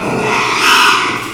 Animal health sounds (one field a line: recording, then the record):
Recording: squeal of a Yucatan mini pig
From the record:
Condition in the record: after surgery on the right vocal fold (resection and tissue-engineered implant)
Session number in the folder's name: 1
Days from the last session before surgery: 6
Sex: male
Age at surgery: 12 weeks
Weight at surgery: 13 kg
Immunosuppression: cyclosporine, prednisolone